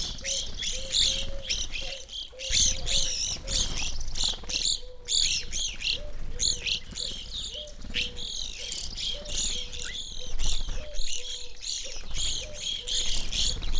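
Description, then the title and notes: Evening grosbeaks chirping in a busy chorus of short, high calls, with a repeated low, soft whistled note underneath throughout. Flock feeding on sunflower seeds at a feeder hanging in a birch tree, backyard, McCloud, Siskiyou County, California; relatively warm winter morning; two microphones on either side of the tree trunk. "I recorded this at my home in the small town of McCloud in Siskiyou County, California. It was a relatively warm winter morning, and a flock of Evening Grosbeaks was busily eating a breakfast of sunflower seeds from a feeder hanging from the branch of a birch tree in my backyard."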